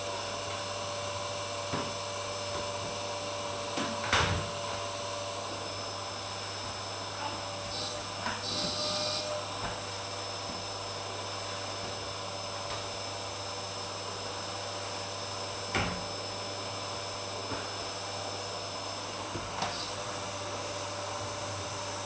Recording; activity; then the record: daily activity, microphone in the room; vacuum cleaning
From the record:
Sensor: 2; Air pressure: 1007.5 hPa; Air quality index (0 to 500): 32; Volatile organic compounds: 1 ppm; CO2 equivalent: 520 ppm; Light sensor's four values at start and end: 8/18/7/7 and 7/17/7/7